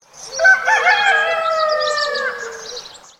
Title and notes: Rooster Morning Sound. Summer morning in the village. Artist: Alexander